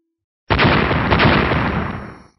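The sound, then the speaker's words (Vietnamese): A sudden loud explosion bursts in and rolls on as a dense, rumbling roar of eight successive blasts running together for about two seconds before gradually fading out. No voices. “Liên tục 8 tiếng nổ truyền ra.”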